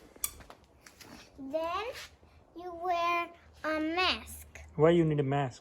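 A child pokes the plastic buckle of her bicycle helmet chin strap into its receiver, and a sharp click sounds at 0.2 s as the buckle clicks shut and seats. Afterward, someone talks.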